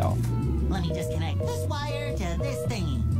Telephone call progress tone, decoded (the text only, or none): reorder tone